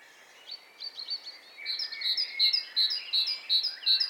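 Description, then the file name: Great tit song: after scattered chirps from other birds, a steady run of crisp two-note phrases repeats quickly until the end. "Parus major"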